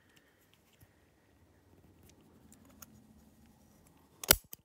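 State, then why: Seated. The metal eccentric cam on the eccentric adjuster of a Vogelsang ExaCut ECQ distributor unit is turned one more rotation clockwise, with faint ticks and rubbing along the way. At 4.3 s the spring latch drops into place with a sharp metallic click, followed by a smaller tick. The cam latch is seated.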